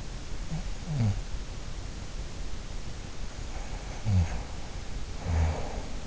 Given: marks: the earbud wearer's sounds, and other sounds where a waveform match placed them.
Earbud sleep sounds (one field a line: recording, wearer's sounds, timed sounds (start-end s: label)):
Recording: sounds in sleep by an in-ear microphone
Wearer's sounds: snoring breath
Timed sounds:
0.39-1.68 s: snoring breath
3.57-6.07 s: snoring breath